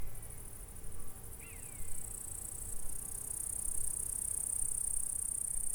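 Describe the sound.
Insects stridulating in a constant high, hissing trill, briefly joined early on by a quick curling call.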